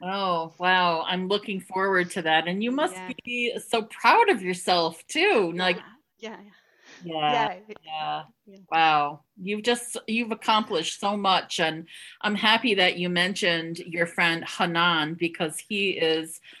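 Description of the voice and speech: An adult woman speaks smoothly and warmly in conversation, offering congratulations; ordinary fluent speech at an easy pace.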